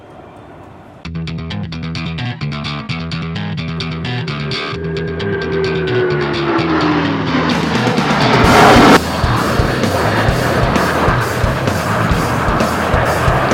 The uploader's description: the US Navy Blue Angels perform at SUN ‘n FUN